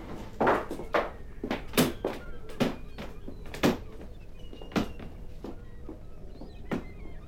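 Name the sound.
banging on a door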